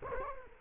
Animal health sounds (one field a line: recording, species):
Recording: mosquito wingbeat signal from an infrared sensor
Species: Culex quinquefasciatus